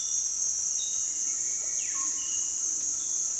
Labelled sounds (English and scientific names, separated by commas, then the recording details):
Buff-throated Woodcreeper (Xiphorhynchus guttatus), Russet-backed Oropendola (Psarocolius angustifrons)
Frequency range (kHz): Buff-throated Woodcreeper (Xiphorhynchus guttatus) 1.6-2.7 kHz; Russet-backed Oropendola (Psarocolius angustifrons) 0.7-4.1 kHz
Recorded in dense forest near Puerto Asís, Putumayo, Colombia, on 21 February 2024 at 07:00
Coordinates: 0.466, -76.327
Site G6413